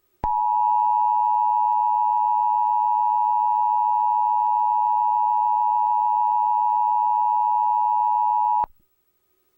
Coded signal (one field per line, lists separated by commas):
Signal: Emergency Alert System (SAME) tones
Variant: 853 and 960 Hz attention tone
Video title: EAS Scenario - Gone Missing